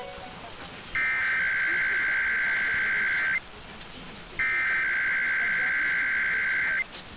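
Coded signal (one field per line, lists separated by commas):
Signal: Emergency Alert System (SAME) tones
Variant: header bursts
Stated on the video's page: Routine Monday Required Weekly Tests (RWTs) on the Emergency Alert System.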